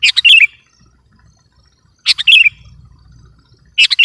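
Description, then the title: Sooty-headed bulbul with three brief phrases about two seconds apart, each a cluster of sharp chirps ending in a short dropping whistle, quiet between them. "kutilang"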